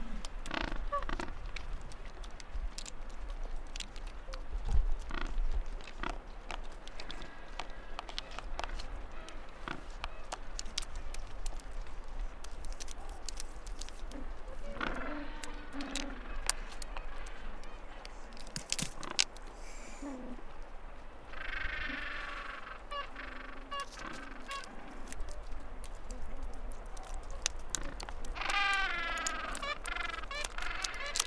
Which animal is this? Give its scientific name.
Pygoscelis papua